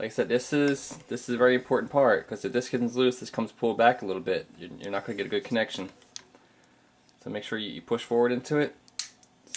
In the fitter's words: hear the clicking get